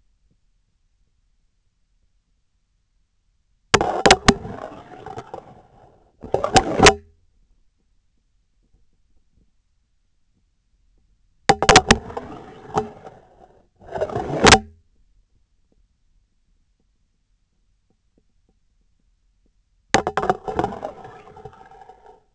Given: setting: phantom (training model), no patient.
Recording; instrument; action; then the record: laparoscopic instrument, vibration sensor on the handle end; scissors; insertion and removal through the trocar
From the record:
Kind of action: spatial motion